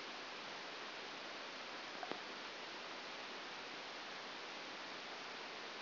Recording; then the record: brain microelectrode recording played as sound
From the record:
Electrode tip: outside the subthalamic nucleus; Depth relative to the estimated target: 2 mm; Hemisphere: left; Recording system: AlphaMap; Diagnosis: Parkinson's disease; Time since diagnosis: 9 years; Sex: male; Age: 68 years